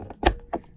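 A plastic cover on a King directional TV antenna housing is pressed back on after the antenna starts working. It lands with a loud, sharp snap at 0.3 s, followed by a softer knock around 0.5 s and a few faint taps. The cover is seated in place.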